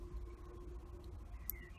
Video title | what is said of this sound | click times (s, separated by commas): Active Sound von insidePerformance - Einbauanleitung für 4er BMW und 3er BMW / Tutorial | Make sure to push it completely in - you will hear a click | 1.5 s